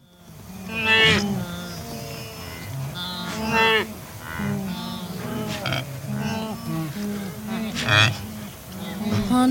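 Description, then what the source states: Wildebeest nasal grunting calls from several animals, overlapping moaning honks that rise and fall, with louder bursts around one, four and eight seconds. Adult animals.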